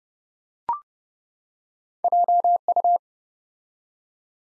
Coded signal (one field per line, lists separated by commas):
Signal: Morse code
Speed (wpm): 30 wpm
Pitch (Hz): 700 Hz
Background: none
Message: JU